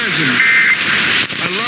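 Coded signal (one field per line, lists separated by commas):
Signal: Emergency Alert System (SAME) tones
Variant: end-of-message bursts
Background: speech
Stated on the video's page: Real overnight required monthly tests for Nebraska, Missouri, Georgia and District of Columbia.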